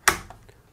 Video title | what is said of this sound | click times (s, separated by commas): Milwaukee M18 Fuel Miter Saw 2734-21HD FMS254-0 Review in 4K | when it stops you from moving the bevel angle you then push down on the lever to fully lock it into place | 0.1 s